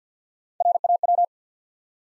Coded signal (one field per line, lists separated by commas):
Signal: Morse code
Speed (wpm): 50 wpm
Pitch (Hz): 700 Hz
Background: none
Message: R A W